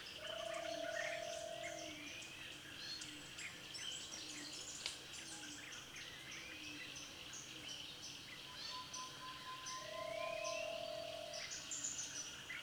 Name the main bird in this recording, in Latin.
Buccanodon duchaillui